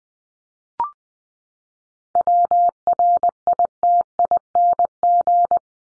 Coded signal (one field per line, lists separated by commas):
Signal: Morse code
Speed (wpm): 20 wpm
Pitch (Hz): 700 Hz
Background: none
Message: WRITING